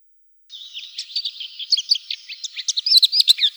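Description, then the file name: Lesser whitethroat giving a soft, scratchy warble of varied chattering notes that grows louder and busier toward the end. "Slavka zavirushka"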